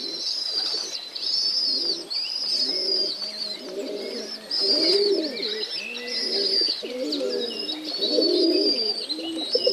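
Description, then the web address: Domestic pigeons giving irregular low, burbling coos, several overlapping, with high chattering chirps throughout. Recorded in a pigeon loft (gołębnik). "wroblowe kolekcja golebnik"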